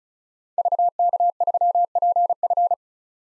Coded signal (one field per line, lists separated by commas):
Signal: Morse code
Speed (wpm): 36 wpm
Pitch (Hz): 700 Hz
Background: none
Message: VK3PF